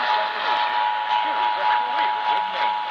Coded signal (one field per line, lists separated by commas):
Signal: Emergency Alert System (SAME) tones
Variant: 853 and 960 Hz attention tone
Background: speech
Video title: (HOORAY!!!) 600 AM WSJS Required Monthly Test (AM EAS #1!, EAS #118)